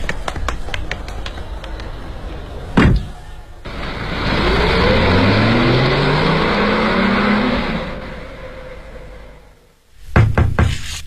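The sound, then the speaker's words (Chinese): A quick run of sharp knocks on a residence door by a residents' committee official accompanied by police, then a car engine rises and revs for several seconds before fading, followed by another burst of rapid knocking at the end. “你开门呐。”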